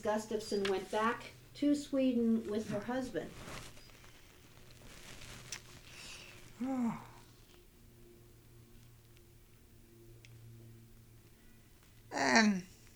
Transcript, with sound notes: Gustavson went back to Sweden with her husband. ( she murmurs to herself )